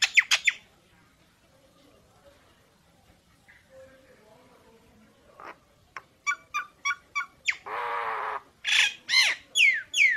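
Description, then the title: Nias hill myna song: bright whistled notes, a quiet pause, then a string of sharp notes, a harsh rasp and loud descending whistles. Songbird used as training material for other songbirds; it sings constantly ('gacor') with a very loud voice ('super gledek'). "Burung Jalak Nias Gacor Suara Super Gledek Untuk Masteran"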